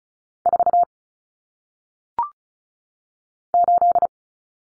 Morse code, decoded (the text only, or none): 4 8